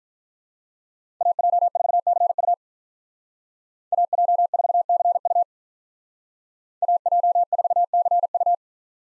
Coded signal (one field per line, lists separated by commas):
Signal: Morse code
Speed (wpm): 46 wpm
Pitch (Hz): 700 Hz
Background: none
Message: AJ4CU AJ4CU AJ4CU